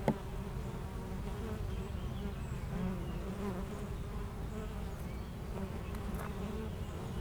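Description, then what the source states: Honey bees humming steadily in a thick low drone, a sharp click at the start and faint scattered ticks over the buzz. Foraging honey bees flying constantly to and from flowers between two hives of a garden apiary in Aix-les-Bains, France.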